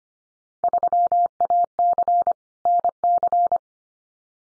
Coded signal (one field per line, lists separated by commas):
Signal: Morse code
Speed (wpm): 25 wpm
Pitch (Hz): 700 Hz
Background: none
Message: 3AC NC